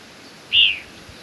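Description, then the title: Black-crested Warbler with one short high-pitched chip, thin and slightly falling, over low steady background noise. "Myiothlypis Nigrocristata"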